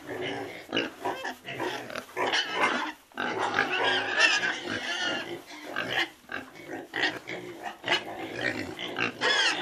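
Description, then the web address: Several pigs give rough grunts and squealing snorts, closely packed and overlapping, with one short gap near the third second. A herd of pigs grunting in a pen. "um rebanho de porcos grunhindo no curral"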